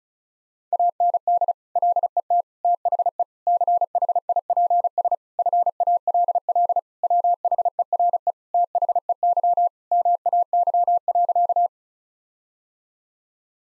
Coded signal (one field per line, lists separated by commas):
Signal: Morse code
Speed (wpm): 36 wpm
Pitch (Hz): 700 Hz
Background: none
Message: AND LET THE CHIPS FALL WHERE THEY MAY.